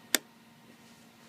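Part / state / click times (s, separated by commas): twist-lock speaker cable connector into subwoofer socket / seated / 0.1 s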